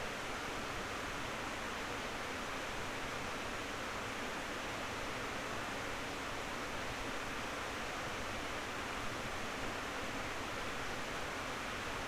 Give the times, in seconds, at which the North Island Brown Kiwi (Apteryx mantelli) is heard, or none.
none